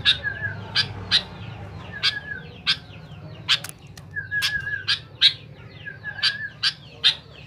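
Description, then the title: Sooty-headed bulbul singing crisp, sharp chirps at an uneven pace, with softer wavering whistled notes between them and a constant low hum behind. "Kutilang"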